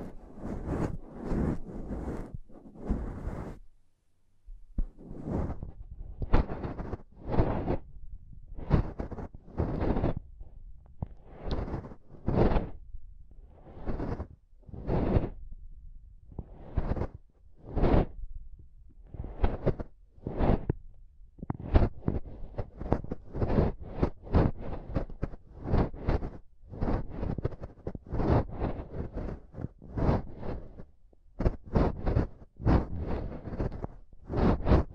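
Intense tapping and scratching on a microphone, a run of sharp thumping bursts with a rough, rushing edge. The hits come roughly every half second, pause briefly near four seconds, then grow faster and denser from about twenty seconds to the end.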